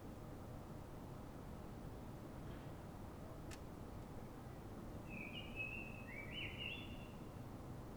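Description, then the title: Common blackbird: one brief whistled phrase late, after a sharp click, over steady low background noise. Singing blackbird in Fuenlabrada, Madrid, Spain, described as a call (reclamo); recorded with a Zoom H1n. "Pl. de Francisco Escolar, 10, Fuenlabrada, Madrid, España - Sonido Reclamo de Mirlo"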